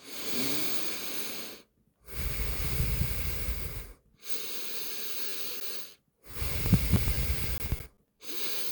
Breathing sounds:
nose breathing near a microphone
0.00-1.65 s: inhalation
1.65-3.95 s: exhalation
3.95-5.85 s: inhalation
5.85-7.85 s: exhalation
7.85-8.72 s: inhalation
From the record:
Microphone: phone

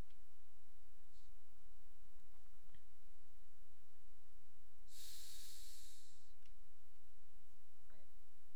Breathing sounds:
nose breathing near a microphone
4.81-6.96 s: exhalation
From the record:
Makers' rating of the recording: medium

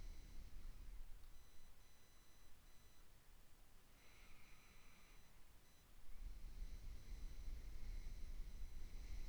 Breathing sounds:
nose breathing near a microphone
0.00-1.81 s: exhalation
3.88-6.13 s: inhalation
6.13-9.29 s: exhalation
From the record:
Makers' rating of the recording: medium

